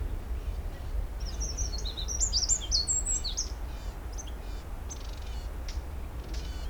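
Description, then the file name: Eurasian wren song: a fast, jumbled burst of high, sharp notes lasting about two seconds, followed by scattered faint ticks over a steady low rumble. "Troglodytes troglodytes"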